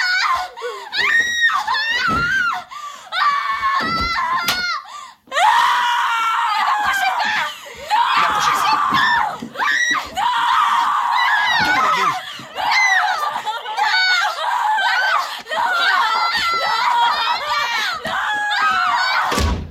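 Frantic, overlapping screams and shrieks, the cries of hell from William Friedkin's 1974 film The Exorcist, rise and fall in high, wavering pitches for about twenty seconds, with a few brief gaps, forming a loud, chaotic chorus of anguished cries.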